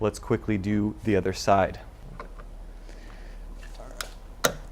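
Someone talks, then the socket end of the second front hood gas strut on a 2008 BMW 328i is pushed onto its ball stud. After a faint tick at 4.0 s, a loud, sharp snap at 4.5 s marks it seated, easily done.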